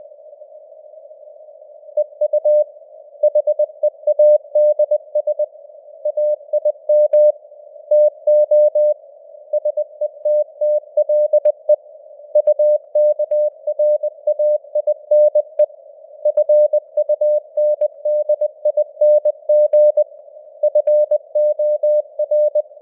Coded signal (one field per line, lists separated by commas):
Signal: Morse code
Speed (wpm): 20 wpm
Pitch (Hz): 600 Hz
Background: none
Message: EU HEADS AIM TO SETTLE UKRAINE FUNDING FOR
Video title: Morse Code News | 2025-12-18 | 20wpm